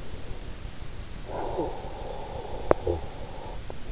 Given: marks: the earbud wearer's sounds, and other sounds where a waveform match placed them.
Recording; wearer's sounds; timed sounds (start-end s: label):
sounds in sleep by an in-ear microphone; snoring breath
0.92-3.92 s: snoring breath